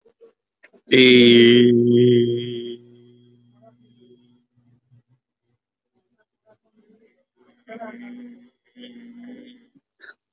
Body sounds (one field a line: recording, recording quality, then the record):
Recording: sustained vowel as in made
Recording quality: moderate, slight background noise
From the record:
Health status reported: COVID-19 positive, mild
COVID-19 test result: positive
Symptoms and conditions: cough, chronic lung disease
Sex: male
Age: 52 years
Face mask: not worn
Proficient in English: yes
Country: India